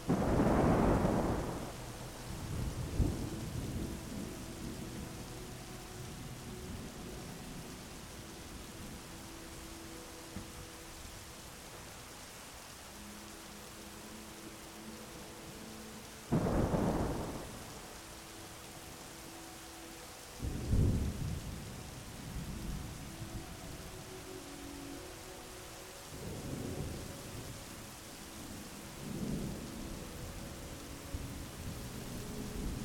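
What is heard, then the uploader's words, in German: Steady rain hisses throughout while low thunder rumbles roll in at the start, around sixteen and twenty seconds, with softer distant grumbles later. Klang des Gewitters, wo jedem fernen Blitz das sanfte Murmeln des Regens folgt.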